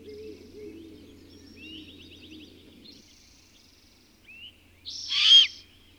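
Birds singing high rapid trills over low warbling notes, then a quiet stretch ending in a loud harsh burst.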